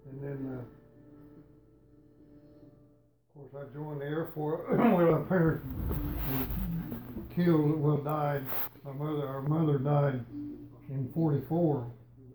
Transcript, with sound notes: And then, of course I joined the Air Force [coughing] when our parents were killed. Well, died. Our mother, our mother died in forty-four